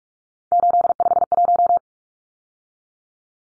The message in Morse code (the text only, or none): 851